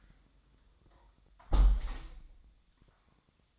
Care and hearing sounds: daily activity, microphone in the room; close window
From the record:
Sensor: 3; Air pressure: 1004.6 hPa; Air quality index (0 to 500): 109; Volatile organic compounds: 5 ppm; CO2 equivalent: 1706 ppm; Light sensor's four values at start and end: 7/17/6/6 and 7/16/6/6

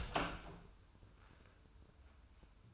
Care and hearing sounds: daily activity, microphone in the room; open door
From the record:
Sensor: 2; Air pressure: 995.9 hPa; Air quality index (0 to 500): 60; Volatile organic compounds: 2 ppm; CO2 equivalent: 1282 ppm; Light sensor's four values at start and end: 11/27/11/12 and 11/27/11/12

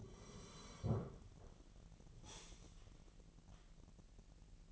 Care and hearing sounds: daily activity, microphone in the room; sit down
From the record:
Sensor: 4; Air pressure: 1002.8 hPa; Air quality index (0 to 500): 249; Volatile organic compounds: 32 ppm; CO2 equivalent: 3004 ppm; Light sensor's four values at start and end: 11/24/10/10 and 11/24/10/10

